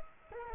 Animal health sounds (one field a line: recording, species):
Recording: mosquito wingbeat signal from an infrared sensor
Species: Culex quinquefasciatus